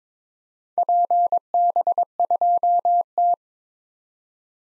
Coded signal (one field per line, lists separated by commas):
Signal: Morse code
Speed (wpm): 22 wpm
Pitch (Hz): 700 Hz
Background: none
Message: PB2T